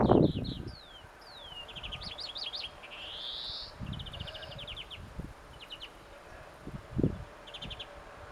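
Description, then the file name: European greenfinch twittering: rapid trilled chirp series, downslurred notes and a drawn-out rising buzzy wheeze, with occasional thumps in the background. "Chloris chloris"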